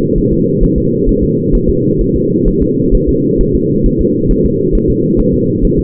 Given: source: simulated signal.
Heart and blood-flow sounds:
fetal heart sounds
0.18 s: S1
0.33 s: S2
0.64 s: S1
0.78 s: S2
1.09 s: S1
1.24 s: S2
1.55 s: S1
1.69 s: S2
2.01 s: S1
2.16 s: S2
2.48 s: S1
2.62 s: S2
2.95 s: S1
3.09 s: S2
3.41 s: S1
3.55 s: S2
3.86 s: S1
4.01 s: S2
4.31 s: S1
4.45 s: S2
4.75 s: S1
4.90 s: S2
5.20 s: S1
5.34 s: S2
5.65 s: S1
5.79 s: S2
From the record:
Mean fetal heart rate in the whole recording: 130 bpm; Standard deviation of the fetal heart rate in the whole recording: 4 bpm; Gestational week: 38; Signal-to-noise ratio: -11.2 dB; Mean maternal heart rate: 72 bpm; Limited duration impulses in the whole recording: present

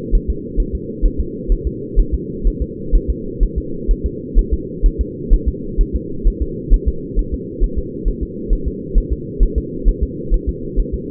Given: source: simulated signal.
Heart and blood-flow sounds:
fetal heart sounds
0.15 s: S1
0.30 s: S2
0.60 s: S1
0.75 s: S2
1.06 s: S1
1.20 s: S2
1.52 s: S1
1.67 s: S2
2.00 s: S1
2.14 s: S2
2.47 s: S1
2.62 s: S2
2.95 s: S1
3.10 s: S2
3.43 s: S1
3.58 s: S2
3.91 s: S1
4.06 s: S2
4.39 s: S1
4.53 s: S2
4.86 s: S1
5.01 s: S2
5.33 s: S1
5.48 s: S2
5.81 s: S1
5.95 s: S2
6.27 s: S1
6.42 s: S2
6.74 s: S1
6.88 s: S2
7.19 s: S1
7.34 s: S2
7.64 s: S1
7.78 s: S2
8.08 s: S1
8.23 s: S2
8.53 s: S1
8.68 s: S2
8.98 s: S1
9.13 s: S2
9.43 s: S1
9.58 s: S2
9.88 s: S1
10.03 s: S2
10.34 s: S1
10.49 s: S2
10.79 s: S1
10.94 s: S2
From the record:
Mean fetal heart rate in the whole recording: 130 bpm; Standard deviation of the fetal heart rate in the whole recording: 4 bpm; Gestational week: 38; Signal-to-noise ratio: -4.3 dB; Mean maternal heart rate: 72 bpm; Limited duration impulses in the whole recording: absent

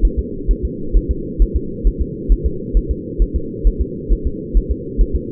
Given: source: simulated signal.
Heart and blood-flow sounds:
fetal heart sounds
0.05 s: S1
0.19 s: S2
0.51 s: S1
0.65 s: S2
0.97 s: S1
1.11 s: S2
1.42 s: S1
1.56 s: S2
1.87 s: S1
2.01 s: S2
2.32 s: S1
2.46 s: S2
2.77 s: S1
2.91 s: S2
3.22 s: S1
3.36 s: S2
3.67 s: S1
3.81 s: S2
4.12 s: S1
4.27 s: S2
4.57 s: S1
4.71 s: S2
5.01 s: S1
5.15 s: S2
From the record:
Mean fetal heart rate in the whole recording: 135 bpm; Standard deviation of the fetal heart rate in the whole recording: 3 bpm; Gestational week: 36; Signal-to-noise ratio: -4.3 dB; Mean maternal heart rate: 72 bpm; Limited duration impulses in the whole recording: present

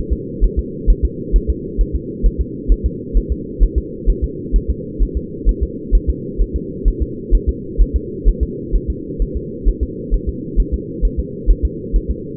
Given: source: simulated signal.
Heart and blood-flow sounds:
fetal heart sounds
0.13 s: S2
0.44 s: S1
0.59 s: S2
0.90 s: S1
1.05 s: S2
1.36 s: S1
1.50 s: S2
1.81 s: S1
1.95 s: S2
2.26 s: S1
2.41 s: S2
2.72 s: S1
2.86 s: S2
3.17 s: S1
3.32 s: S2
3.63 s: S1
3.78 s: S2
4.10 s: S1
4.24 s: S2
4.56 s: S1
4.70 s: S2
5.02 s: S1
5.17 s: S2
5.49 s: S1
5.63 s: S2
5.95 s: S1
6.09 s: S2
6.41 s: S1
6.56 s: S2
6.88 s: S1
7.02 s: S2
7.35 s: S1
7.49 s: S2
7.81 s: S1
7.96 s: S2
8.28 s: S1
8.43 s: S2
8.75 s: S1
8.90 s: S2
9.22 s: S1
9.37 s: S2
9.68 s: S1
9.83 s: S2
10.14 s: S1
10.29 s: S2
10.60 s: S1
10.74 s: S2
11.05 s: S1
11.19 s: S2
11.50 s: S1
11.65 s: S2
11.96 s: S1
12.10 s: S2
From the record:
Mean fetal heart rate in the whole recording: 130 bpm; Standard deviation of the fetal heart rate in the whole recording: 2 bpm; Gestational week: 36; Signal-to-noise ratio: -4.1 dB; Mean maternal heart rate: no maternal heart sound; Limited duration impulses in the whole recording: absent

